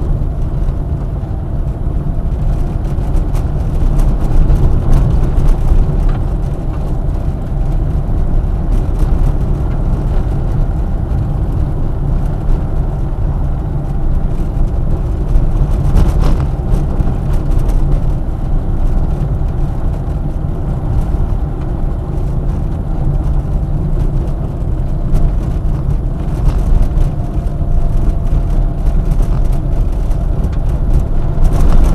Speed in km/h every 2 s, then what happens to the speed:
31, 31, 32, 34, 35, 33, 33, 34, 34, 34, 33, 32, 30, 29, 28, 27.
0-18 steady at about 33. 18-32 slows to 27.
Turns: none.